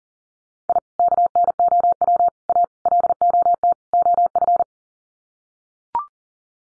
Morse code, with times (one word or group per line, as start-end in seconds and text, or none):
0.7-0.8 I
1.0-2.3 KNOW
2.5-2.6 A
2.9-3.7 LOT
3.9-4.6 OF